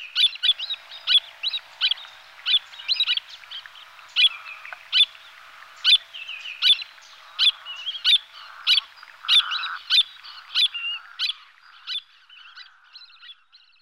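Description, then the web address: Long-billed murrelet giving a long series of high, sharp chirping notes, roughly one or two per second, fading toward the end. "brachyramphus perdix"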